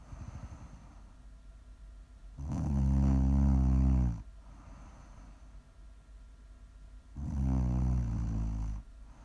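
Prime ASMR snoring from an adult sleeper: two loud, low-pitched, rumbling snores, each lasting under two seconds, about five seconds apart, with quiet breathing between them.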